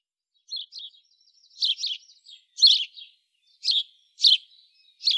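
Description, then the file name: House sparrow giving repeated sharp chirps, single and paired notes at irregular intervals, on a clean quiet background. "Passer domesticus"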